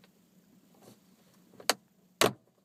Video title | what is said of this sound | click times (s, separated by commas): BMW E39 5 Series HomeLink Garage Door Opener Install, Program | You'll hear a click, confirming that the clip has released. | 1.7 s, 2.2 s